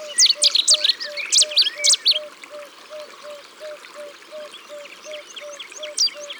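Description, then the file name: Cetti's warbler song: a sudden loud outburst of rapid, ringing repeated phrases lasting about two seconds, then quieter chirps, with a low steady piping note repeating throughout. "Bouscarle de Cetti"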